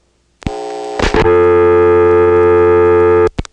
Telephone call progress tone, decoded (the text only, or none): dial tone